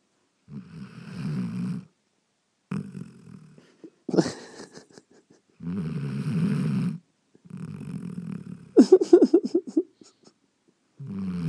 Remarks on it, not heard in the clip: Guide dog. It's only 2 years old, and it's snoring like that. I think it might have sleep apnea.